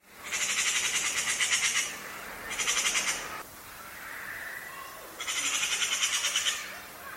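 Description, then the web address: Bird calls in rapid buzzy pulsed bursts, high-pitched and rattling, in three main bouts separated by pauses, with softer tonal notes in between. "cianscape birddata Deverinetal 2025"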